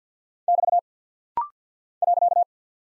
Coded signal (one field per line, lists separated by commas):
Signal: Morse code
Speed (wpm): 48 wpm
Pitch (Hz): 700 Hz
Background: none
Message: <BT> .